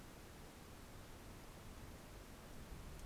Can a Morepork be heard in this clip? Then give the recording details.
no. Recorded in New Zealand on 4 June 2017. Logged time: 19:01. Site Taranaki